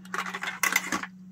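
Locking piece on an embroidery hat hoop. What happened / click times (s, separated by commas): A metal latch clicks open and releases / 0.1 s, 0.6 s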